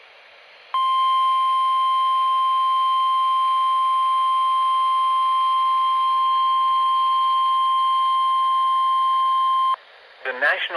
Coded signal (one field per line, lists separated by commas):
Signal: Emergency Alert System (SAME) tones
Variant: 1050 Hz attention tone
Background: speech